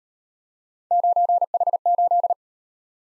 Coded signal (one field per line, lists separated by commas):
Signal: Morse code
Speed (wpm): 35 wpm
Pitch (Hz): 700 Hz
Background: none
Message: 9H8